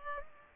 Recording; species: mosquito wingbeat signal from an infrared sensor; Culex pipiens